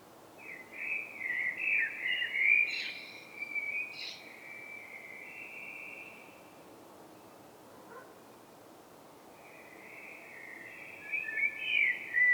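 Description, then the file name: Common blackbird calls in drawn-out, slightly buzzy phrases, one early burst with brief higher notes, a quiet gap, then another sustained phrase near the end over steady background hiss. "Turdus merula"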